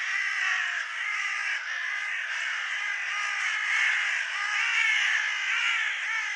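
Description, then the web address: Bird giving a steady chorus of harsh, squawking caws, many notes layered together without clear pauses. "cianscape birddata Deverinetal 2025"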